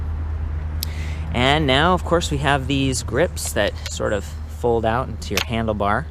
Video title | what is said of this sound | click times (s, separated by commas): Электровелосипед Электросамокат Моноколесо Гироскутер Сигвей | stem folds up and then there's that red thing that kind of clicks into place and now | 0.8 s